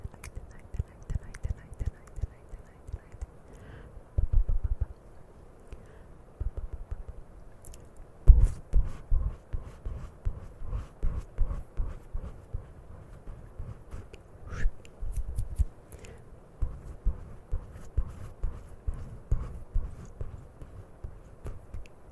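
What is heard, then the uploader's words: Camera touching and mouth sounds: dense, irregular low thumps and taps throughout, with scattered brighter clicks and a sharp knock near eight seconds. CAMERA TOUCHING E MOUTH SOUNDS.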